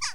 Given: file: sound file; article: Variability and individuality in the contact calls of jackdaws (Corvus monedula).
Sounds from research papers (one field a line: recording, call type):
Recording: jackdaw call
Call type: harmonic